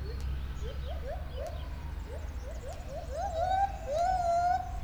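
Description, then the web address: Lar gibbon hooting: a run of short rising notes, then longer wavering whoops, over a steady low hum. White-handed gibbon, captive in Debrecen Zoo, recorded 2012 with a Marantz recorder; small rattling noises. "allathangok debrecenizoo 2012 feherkezugibbon kisebbzorgesek"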